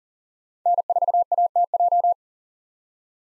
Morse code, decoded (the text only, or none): N4ATJ